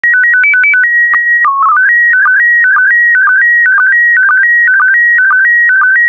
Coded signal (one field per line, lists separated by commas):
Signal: SSTV (slow-scan television)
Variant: PD 120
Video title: (08 of 12) Expedition 64 - ARISS Series 17 Twenty Years December 2020 - Retransmission SSTV PD120